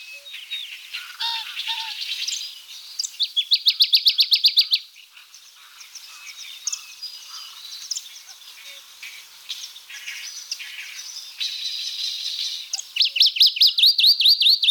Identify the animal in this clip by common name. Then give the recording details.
Dusky Warbler. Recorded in the wild. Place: Bolschoj Ussurijskij Ostrov, Bolshoi Ussuriysky Island, RU. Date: 1994-05-27. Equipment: Dat-Recorder Casio DA 7, Telinga DAT, Telinga-Parabolspiegel. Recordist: Schwarz, Dieter